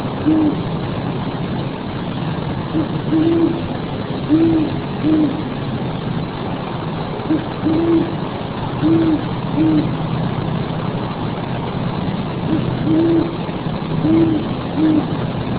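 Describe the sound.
Owl hooting in low, rounded notes, often paired, repeating throughout over a steady low engine rumble.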